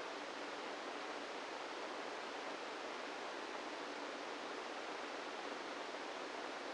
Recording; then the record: brain microelectrode recording played as sound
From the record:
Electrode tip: inside the subthalamic nucleus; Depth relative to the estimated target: -3 mm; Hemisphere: right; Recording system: NeuroSet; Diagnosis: Parkinson's disease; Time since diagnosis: 17 years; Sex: male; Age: 64 years